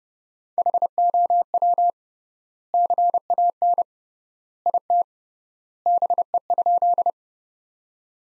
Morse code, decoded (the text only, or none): HOW CAN IT BE?